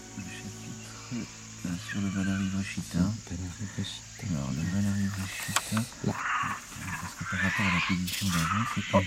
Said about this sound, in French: Voilà nos amis les singes. Alors, quand j'étais avec mon régiment à Bombay, j'en avais adopté une dizaine. Et au bout d'un mois, j'avais rédigé un glossaire de sons qui nous permettait d'avoir des conversations fort agréables. Hein. Eux et moi.